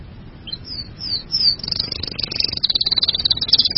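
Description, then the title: Bird song of high, thin warbling notes that speed up into a rapid, shrill trill of quickly repeated notes, with a faint low rumble beneath. "burung online"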